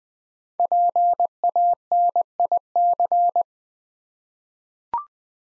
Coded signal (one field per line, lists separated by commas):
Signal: Morse code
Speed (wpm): 20 wpm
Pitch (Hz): 700 Hz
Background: none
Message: PANIC